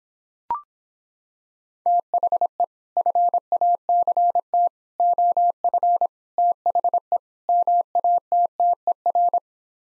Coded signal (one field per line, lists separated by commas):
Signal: Morse code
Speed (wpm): 26 wpm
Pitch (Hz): 700 Hz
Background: none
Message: THE FACT OF THE MATTER